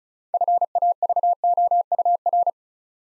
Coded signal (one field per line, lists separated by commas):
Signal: Morse code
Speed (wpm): 36 wpm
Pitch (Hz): 700 Hz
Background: none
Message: FAVOUR